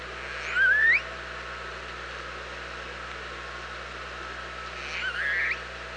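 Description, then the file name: Orca calls, two wavering upsweeping calls about four and a half seconds apart, loud against steady underwater hiss and hum. OrcaLab, 24 August 2017, about 07:44. "Orca Lab UTLN JASON 20170824 074409"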